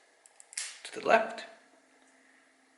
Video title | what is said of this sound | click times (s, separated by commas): camera and image editing tutorial | wait until you hear that click | 0.6 s